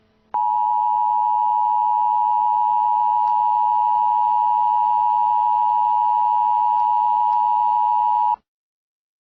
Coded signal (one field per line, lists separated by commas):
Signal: Emergency Alert System (SAME) tones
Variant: 853 and 960 Hz attention tone